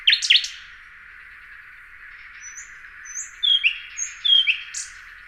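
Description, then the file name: Common nightingale giving a couple of loud sharp notes, then after a pause thin high whistles and a few rich downslurred whistled notes. "Luscinia megarhynchos"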